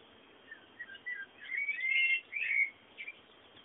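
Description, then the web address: Bird chirps build into a short twittering flourish in the middle, with sparse single notes before and after. Bird sounds presented as background ambience. "bullas Bullasdata sounds fondo pajaros"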